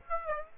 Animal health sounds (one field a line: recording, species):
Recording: mosquito wingbeat signal from an infrared sensor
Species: Aedes aegypti